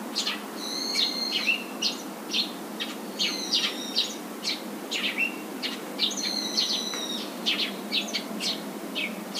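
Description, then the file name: Eurasian tree sparrow calls, quick chirps mixed with drawn-out level whistles and a few downward-sliding notes, irregular rhythm over faint background noise. "suzume"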